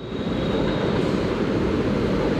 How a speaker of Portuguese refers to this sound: E puta que pariu, vai vir. Olha o barulho do trem vindo.